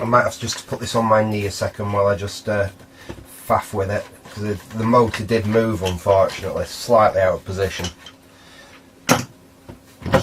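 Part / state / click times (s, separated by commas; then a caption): electric motor into hedge trimmer plastic housing / seated / 10.1 s. During a flex repair on a hedge trimmer, with the trimmer resting on a knee, someone talks while working the electric motor, which had shifted slightly out of position, back into its plastic housing. After quieter handling, a sharp snap at 10.1 s marks the motor seating back in its housing.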